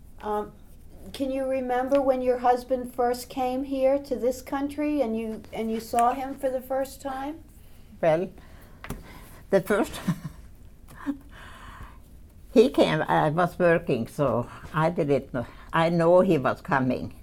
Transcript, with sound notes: Can you remember when your husband first came here to this country and you, and you saw him for the first time. (she laughs)
He came, I was working, so I didn't know, I know he was coming.